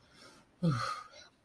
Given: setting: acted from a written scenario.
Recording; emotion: vocal sound without words; relief